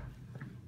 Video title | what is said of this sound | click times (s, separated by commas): Sliding glass door lock procedure | you push that down and that door is now locked okay | 0.4 s